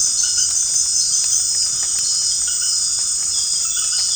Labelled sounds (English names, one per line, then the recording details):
none
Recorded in dense forest near Puerto Asís, Putumayo, Colombia, on 27 June 2025 at 18:30
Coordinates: 0.481, -76.323
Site G072